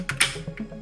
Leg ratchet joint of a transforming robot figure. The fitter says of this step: so it locks into place